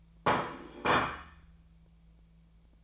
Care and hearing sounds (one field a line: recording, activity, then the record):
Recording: daily activity, microphone in the room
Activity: place plate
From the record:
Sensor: 1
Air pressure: 1009.3 hPa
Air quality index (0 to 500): 195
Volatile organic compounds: 19 ppm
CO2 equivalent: 2671 ppm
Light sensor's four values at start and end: 28/72/30/36 and 28/72/30/36